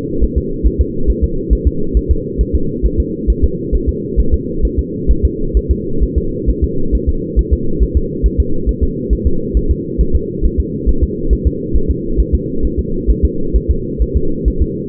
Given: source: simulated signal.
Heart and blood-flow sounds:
fetal heart sounds
0.24 s: S1
0.38 s: S2
0.67 s: S1
0.81 s: S2
1.10 s: S1
1.24 s: S2
1.53 s: S1
1.67 s: S2
1.97 s: S1
2.11 s: S2
2.41 s: S1
2.55 s: S2
2.86 s: S1
3.00 s: S2
3.30 s: S1
3.44 s: S2
3.75 s: S1
3.89 s: S2
4.20 s: S1
4.34 s: S2
4.65 s: S1
4.79 s: S2
5.11 s: S1
5.25 s: S2
5.57 s: S1
5.71 s: S2
6.03 s: S1
6.18 s: S2
6.49 s: S1
6.64 s: S2
6.95 s: S1
7.09 s: S2
7.39 s: S1
7.53 s: S2
7.83 s: S1
7.97 s: S2
8.26 s: S1
8.40 s: S2
8.69 s: S1
8.83 s: S2
9.13 s: S1
9.27 s: S2
9.57 s: S1
9.71 s: S2
10.01 s: S1
10.15 s: S2
10.45 s: S1
10.60 s: S2
10.89 s: S1
11.03 s: S2
11.33 s: S1
11.47 s: S2
11.76 s: S1
11.91 s: S2
12.20 s: S1
12.34 s: S2
12.65 s: S1
12.79 s: S2
13.10 s: S1
13.25 s: S2
13.56 s: S1
13.71 s: S2
14.02 s: S1
14.17 s: S2
14.48 s: S1
14.62 s: S2
From the record:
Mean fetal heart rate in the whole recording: 135 bpm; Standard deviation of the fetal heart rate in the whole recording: 3 bpm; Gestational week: 34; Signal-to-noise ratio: -8.1 dB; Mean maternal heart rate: 72 bpm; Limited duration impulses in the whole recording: absent

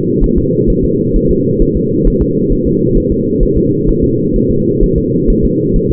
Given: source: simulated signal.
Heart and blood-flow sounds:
fetal heart sounds
0.24 s: S1
0.38 s: S2
0.70 s: S1
0.85 s: S2
1.16 s: S1
1.31 s: S2
1.62 s: S1
1.77 s: S2
2.08 s: S1
2.22 s: S2
2.53 s: S1
2.67 s: S2
2.97 s: S1
3.12 s: S2
3.43 s: S1
3.58 s: S2
3.89 s: S1
4.04 s: S2
4.36 s: S1
4.51 s: S2
4.83 s: S1
4.98 s: S2
5.30 s: S1
5.45 s: S2
5.76 s: S1
5.91 s: S2
From the record:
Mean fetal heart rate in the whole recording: 130 bpm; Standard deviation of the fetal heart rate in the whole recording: 4 bpm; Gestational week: 38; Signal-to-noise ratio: -11.2 dB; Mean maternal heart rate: 72 bpm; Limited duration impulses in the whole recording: present

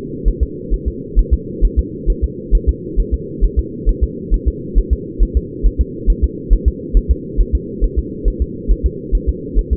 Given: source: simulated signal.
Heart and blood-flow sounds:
fetal heart sounds
0.28 s: S1
0.43 s: S2
0.74 s: S1
0.88 s: S2
1.19 s: S1
1.34 s: S2
1.65 s: S1
1.79 s: S2
2.10 s: S1
2.24 s: S2
2.55 s: S1
2.69 s: S2
3.00 s: S1
3.14 s: S2
3.44 s: S1
3.59 s: S2
3.89 s: S1
4.04 s: S2
4.34 s: S1
4.48 s: S2
4.79 s: S1
4.93 s: S2
5.23 s: S1
5.37 s: S2
5.66 s: S1
5.81 s: S2
6.10 s: S1
6.24 s: S2
6.53 s: S1
6.68 s: S2
6.97 s: S1
7.11 s: S2
7.40 s: S1
7.55 s: S2
7.84 s: S1
7.99 s: S2
8.28 s: S1
8.42 s: S2
8.71 s: S1
8.86 s: S2
9.15 s: S1
9.29 s: S2
9.59 s: S1
9.73 s: S2
From the record:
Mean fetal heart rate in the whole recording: 135 bpm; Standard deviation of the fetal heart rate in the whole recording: 3 bpm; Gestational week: 36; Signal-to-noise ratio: -4.1 dB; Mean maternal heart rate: no maternal heart sound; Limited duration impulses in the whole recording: absent

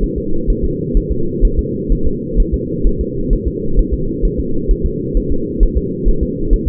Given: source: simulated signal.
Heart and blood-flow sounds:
fetal heart sounds
0.04 s: S1
0.18 s: S2
0.50 s: S1
0.65 s: S2
0.97 s: S1
1.12 s: S2
1.45 s: S1
1.59 s: S2
1.92 s: S1
2.07 s: S2
2.40 s: S1
2.54 s: S2
2.87 s: S1
3.01 s: S2
3.33 s: S1
3.47 s: S2
3.79 s: S1
3.94 s: S2
4.25 s: S1
4.40 s: S2
4.71 s: S1
4.86 s: S2
5.17 s: S1
5.32 s: S2
5.63 s: S1
5.78 s: S2
6.08 s: S1
6.23 s: S2
6.53 s: S1
6.68 s: S2
From the record:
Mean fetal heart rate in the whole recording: 130 bpm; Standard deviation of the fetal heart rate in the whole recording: 2 bpm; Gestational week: 38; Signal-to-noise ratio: -8.1 dB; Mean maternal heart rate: 72 bpm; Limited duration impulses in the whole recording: absent

